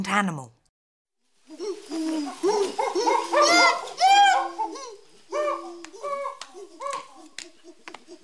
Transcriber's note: fx: monkey / tiger / sealion / donkey / elephant